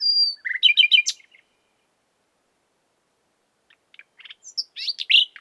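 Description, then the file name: Common nightingale song: a whistle and a quick run of repeated chirps, a short silence, then scattered, varied notes. "Luscinia megarhynchos"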